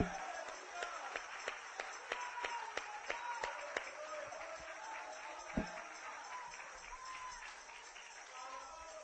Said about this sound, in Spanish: Voy a aplaudir por alguno de ustedes, hermanos.